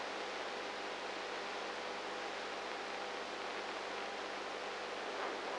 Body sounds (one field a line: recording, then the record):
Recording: brain microelectrode recording played as sound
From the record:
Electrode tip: inside the subthalamic nucleus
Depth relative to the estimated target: -3 mm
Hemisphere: right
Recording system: NeuroSet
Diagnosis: Parkinson's disease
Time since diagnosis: 19 years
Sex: female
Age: 58 years